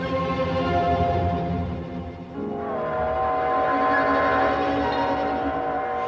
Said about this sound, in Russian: Вы не знаете, какой это гудит поезд? 23:55, это сегодня на Москву последний.